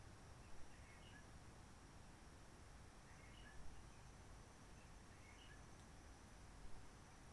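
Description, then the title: Réunion bulbul singing soft, brief whistled phrases, about every three seconds, against continuous low background rumble and a faint unbroken high-pitched insect drone. Roche Merveilleuse forest, Réunion; quiet during lockdown from 19 March 2020, no people, ultralights or helicopters; sunny blue sky; birds not very active; sings simpler short phrases, adapted to aircraft noise. "Roche Merveilleuse, Réunion - Merle de lîle de la Réunion."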